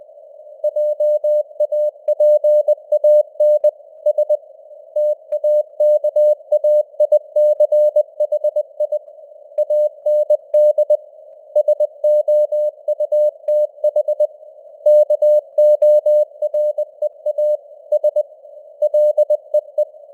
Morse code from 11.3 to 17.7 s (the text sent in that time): SOUTH KOREA